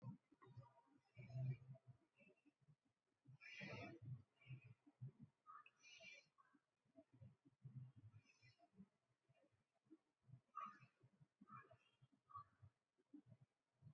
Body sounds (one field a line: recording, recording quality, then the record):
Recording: shallow breathing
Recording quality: excellent, no background noise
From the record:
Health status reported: respiratory illness, not identified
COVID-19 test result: negative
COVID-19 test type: RT-PCR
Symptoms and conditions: cold, asthma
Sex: male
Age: 23 years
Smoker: no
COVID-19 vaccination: one dose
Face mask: not worn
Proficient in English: yes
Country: India